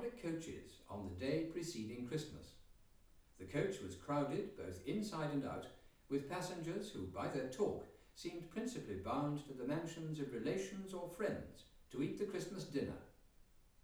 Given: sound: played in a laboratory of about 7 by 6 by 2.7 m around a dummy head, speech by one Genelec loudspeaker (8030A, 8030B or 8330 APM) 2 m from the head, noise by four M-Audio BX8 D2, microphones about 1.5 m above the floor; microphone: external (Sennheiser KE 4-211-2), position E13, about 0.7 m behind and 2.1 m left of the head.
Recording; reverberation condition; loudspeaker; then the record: male speech in English; medium; 30 degrees to the right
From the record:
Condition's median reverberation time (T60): about 510 ms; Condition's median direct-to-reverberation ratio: about -0.5 dB